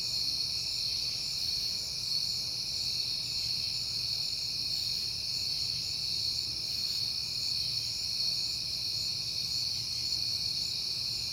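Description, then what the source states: Cricket chorus, an unbroken shrill trilling that holds steady throughout, with a soft low hum beneath. Crickets at night on a peaceful September night, heard often lately.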